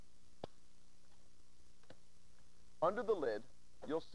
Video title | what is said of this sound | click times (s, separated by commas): 'FoodSaver Vac 1050 - Vacuum Saving Secrets and ''How-To'' Video' VHS Instructional Tape | unlock it all you have to do is press down on the stars and the locks will release | 0.4 s, 1.9 s